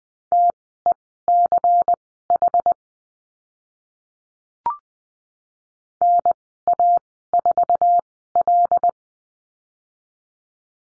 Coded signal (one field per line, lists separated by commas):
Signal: Morse code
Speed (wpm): 20 wpm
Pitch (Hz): 700 Hz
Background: none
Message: TECH NA4L